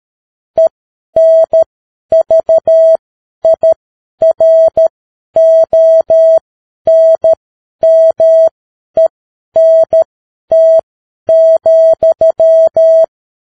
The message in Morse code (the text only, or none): ENVIRONMENT,